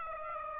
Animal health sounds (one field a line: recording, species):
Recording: mosquito wingbeat signal from an infrared sensor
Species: Aedes aegypti